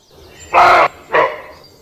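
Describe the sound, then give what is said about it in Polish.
A roe deer barks twice, two loud, hoarse, raspy calls with a short gap between them, the first slightly longer than the second, against a quiet background with no talking. “Sarna w takie, ten sposób tak, się tak, takie szczekanie sarny, słuchajcie.”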